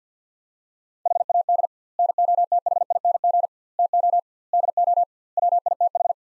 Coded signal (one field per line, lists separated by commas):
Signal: Morse code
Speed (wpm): 50 wpm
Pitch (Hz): 700 Hz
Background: none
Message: HAD NOTHING TO DO WITH